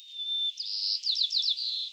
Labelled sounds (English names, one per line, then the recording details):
White-crowned Sparrow song
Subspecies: nuttalli
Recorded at Morro Bay, California, in 2014
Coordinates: 35.368, -120.866
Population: south
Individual MORR_maleF_14